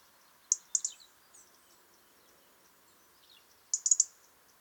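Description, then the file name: European robin uttering a quick burst of high, sharp notes, a quiet pause, then another rapid cluster of thin high calls. "Erithacus rubecula"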